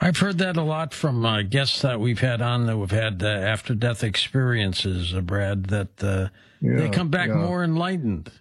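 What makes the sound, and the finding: Adult male speaker. Typical speech.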